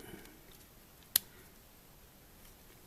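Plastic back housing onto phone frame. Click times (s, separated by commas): 1.2 s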